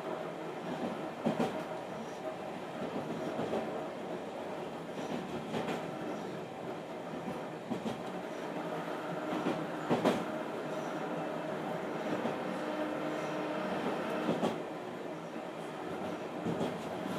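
A small streetcar runs along its track, heard from on board, with a steady mid-pitched rumble and hum of motor and wheels. Sharp clacks and rattles from rail joints punctuate it every second or two, with louder knocks near 1, 10 and 14 seconds.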